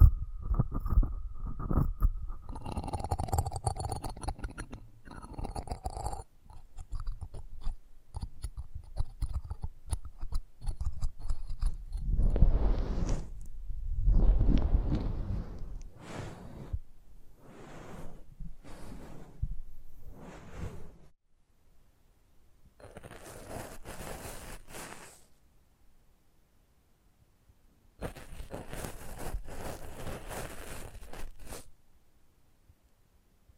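ASMR close-up mic treatment. For the first ten seconds there is dense crackling and rubbing with a low muffled rumble, then separate brushing and scratching strokes with short pauses between them. Later come two long bright, hissy swishes, each separated by near silence.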